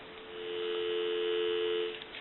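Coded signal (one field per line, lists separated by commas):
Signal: telephone call progress tone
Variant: North America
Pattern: dial tone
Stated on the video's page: Heard on a Western Electric rotary desk telephone during initial checkout and repair.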